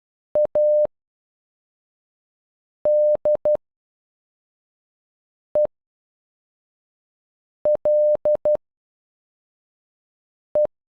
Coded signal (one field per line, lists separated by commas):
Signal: Morse code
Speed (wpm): 12 wpm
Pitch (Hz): 600 Hz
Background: none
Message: ADELE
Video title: Madeleine in Morse code